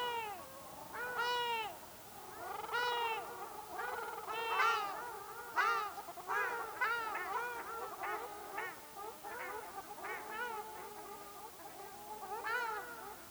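Ruddy shelduck honking: loud, nasal, down-curving calls in uneven, overlapping bursts from several birds.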